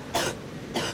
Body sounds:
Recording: coughing mixed with background sound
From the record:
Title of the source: 61 morning phlegmy cough...again

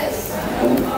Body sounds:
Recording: background sound without coughing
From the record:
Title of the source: 40 min - Ambience sounds UNIVERSITY lunchroom chatting

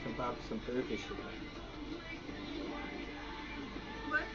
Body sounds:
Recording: background sound without coughing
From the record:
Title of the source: BackgroundMusic

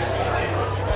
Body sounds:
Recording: background sound without coughing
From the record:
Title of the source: CITY SOUNDS Busy Bar in the Evening Night - 2 HOURS of Ambiance for Relaxation

